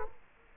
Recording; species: mosquito wingbeat signal from an infrared sensor; Culex quinquefasciatus